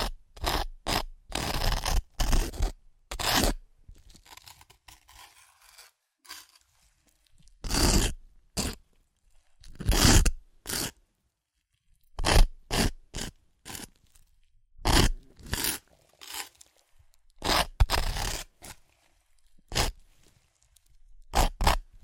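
Crunchy chips being crushed and eaten, in sharp bursts of crackling that come in quick clusters with short silent gaps between. The crunches are bright and crisp, arriving irregularly every second or so throughout, with a few softer rustles and scrapes in the pauses.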